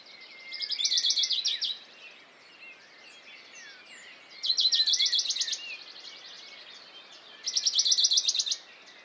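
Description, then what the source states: Western Bonelli's warbler: loud, even rattling trills roughly one second long, three strophes a few seconds apart, with softer chirps and whistles of other birds between. Dawn chorus, 6 May 2020, Valmaravel, Drôme; unpaired bird fixed on a small pine branch, singing rapid courtship song to attract a female, unlike its usual spaced strophes while feeding; Nagra Seven, MKH40.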